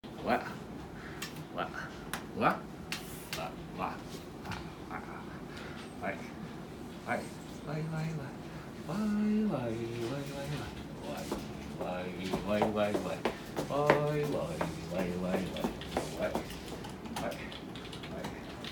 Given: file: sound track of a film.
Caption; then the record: Detailed observation showed that the palilalia appeared a few seconds before he started to walk and that the rate of palilalia was synchronized with walking.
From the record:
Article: Case report: Gait-induced palilalia in a patient with hemiplegia due to cerebral infarction